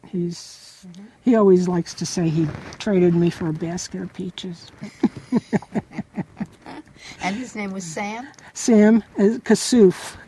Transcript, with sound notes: He's - he always likes to say he traded me for a basket of peaches (both laugh)
And his name was Sam?
Sam Kassuf.